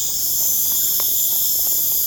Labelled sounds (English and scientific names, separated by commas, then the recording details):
none
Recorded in pastures near Puerto Asís, Putumayo, Colombia, on 25 June 2025 at 19:30
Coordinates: 0.496, -76.326
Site GP01